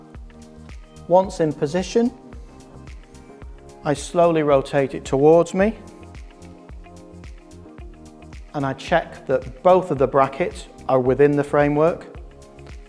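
The backrest of a Quattro Deluxe riser recliner is slowly rotated towards the person assembling it so its metal brackets line up within the seat framework, while someone talks over background music. Only faint, brief handling ticks are heard. Nothing has seated or clicked yet.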